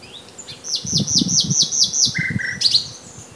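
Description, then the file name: Common nightingale song: a series of quick high notes repeated rapidly, then a short lower rattling trill and a final high flourish, with low thumping noise beneath. "Luscinia megarhynchos"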